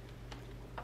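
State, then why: Not seated. A WeR Foil Quill heat pen is handled at the slot of a cutting machine's tool holder, with its plastic clamp about to close over it. Two brief, light ticks at about 0.3 and 0.8 seconds stand out over a steady low hum. Nothing has seated or clicked yet.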